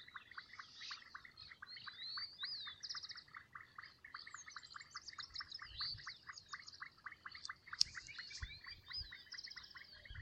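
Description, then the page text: Slender thin-toed frog calling, short notes repeated in a steady fast rhythm, overlaid by varied bird chirps, trills and whistles. Adults, both sexes, recorded 29 November 2018 at Álvarez de Toledo, Saladillo, Buenos Aires Province, Argentina. "Nome científico: Leptodactylus gracilis Nome Português: Nome Espanhol: Ranita Rayada Nome em Inglês: Sexo: Ambos Fase da vida: Adulto Data de Registro: 29/11/2018 País: Argentina Província. Departamento: Buenos Aires Localidade ou área protegida: Saladillo Detalhada localização: Álvarez de Toledo"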